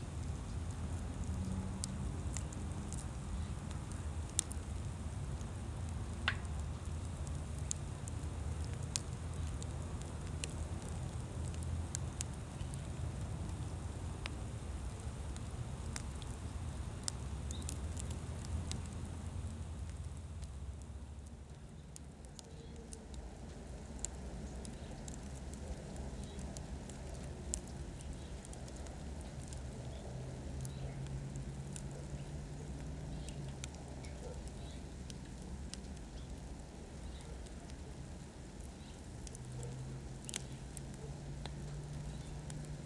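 A backyard wood fire crackles with sharp, scattered pops throughout. For the first twenty seconds a heavy low rumble of wind or traffic sits under it; after that the rumble drops away, leaving the crackling over a quieter hum and faint whine.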